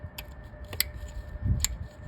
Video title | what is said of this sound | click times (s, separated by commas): How to fix the VTEC SOLENOID GASKET OIL LEAK on a 2006-2011 8th Gen Honda Civic! | and snap it in. | 0.8 s